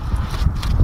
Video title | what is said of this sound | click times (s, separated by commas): Lexus LS460 Front Brake Pads And Rotors Replacement 2007-2017 | click right into place. | 0.6 s